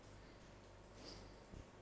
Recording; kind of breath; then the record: one breath in and out by a microphone near the nose and mouth; normal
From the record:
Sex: male